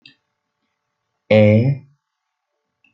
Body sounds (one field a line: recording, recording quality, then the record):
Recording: sustained vowel as in beet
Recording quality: excellent, no background noise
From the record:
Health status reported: recovered from COVID-19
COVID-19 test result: positive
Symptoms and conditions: cold, fever, fatigue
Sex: male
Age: 30 years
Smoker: not ticked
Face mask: not worn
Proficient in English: no